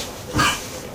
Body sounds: coughing mixed with background sound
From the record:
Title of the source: Spring Cold Coughing 2

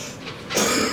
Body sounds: coughing mixed with background sound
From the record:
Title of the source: Spring Cold Coughing 3

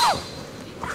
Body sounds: coughing mixed with background sound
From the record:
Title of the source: Heavy cold and sore throat coughing.

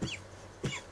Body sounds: coughing mixed with background sound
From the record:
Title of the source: Dry Coughing Fit in the Afternoon.

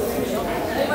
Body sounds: background sound without coughing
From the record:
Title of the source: 40 min - Ambience sounds UNIVERSITY lunchroom chatting

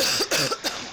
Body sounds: coughing mixed with background sound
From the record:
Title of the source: November cold (wet coughing)

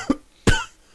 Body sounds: coughing mixed with background sound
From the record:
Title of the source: Coughing 51

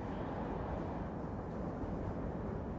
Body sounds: background sound without coughing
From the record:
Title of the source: Train Ride Ambience ambient white noise for sleeping, focus, studying, reading

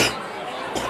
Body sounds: coughing mixed with background sound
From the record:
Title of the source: 61 morning phlegmy cough...again

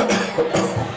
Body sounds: coughing mixed with background sound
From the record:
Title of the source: Cough Around the Clock!

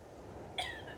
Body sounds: coughing mixed with background sound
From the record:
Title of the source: Female coughing - Sound effects

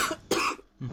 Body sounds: coughing mixed with background sound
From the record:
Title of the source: 64 coughing, allergies, singing lungs

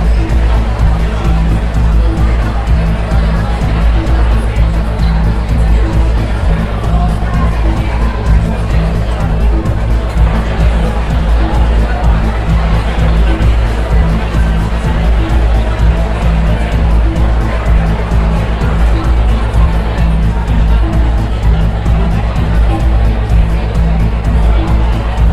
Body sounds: background sound without coughing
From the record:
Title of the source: Party Noise 1 Hour Party Ambience

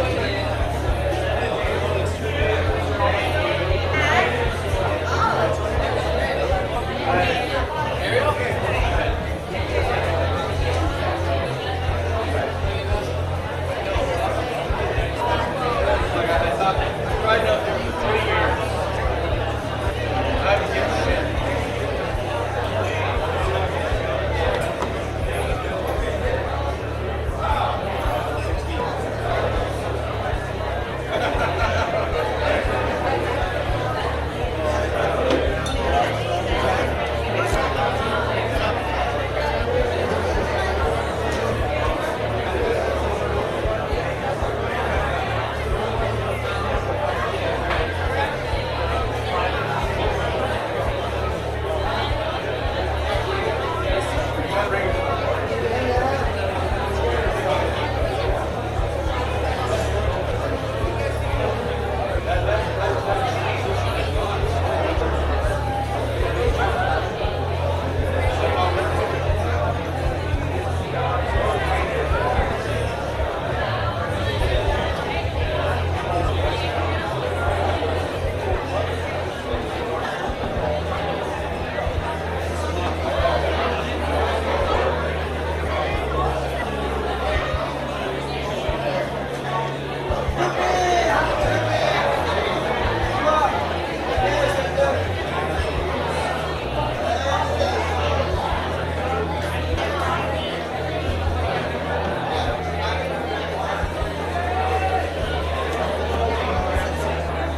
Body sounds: background sound without coughing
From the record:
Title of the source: CITY SOUNDS Busy Bar in the Evening Night - 2 HOURS of Ambiance for Relaxation

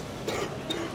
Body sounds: coughing mixed with background sound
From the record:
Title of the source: 60 coughing still (deep and wet cough)

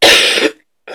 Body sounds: coughing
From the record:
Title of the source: 55 gaggy wet cough

